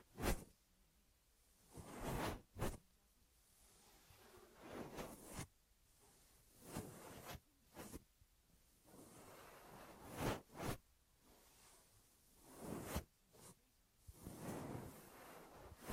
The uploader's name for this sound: Ear Massage Triggers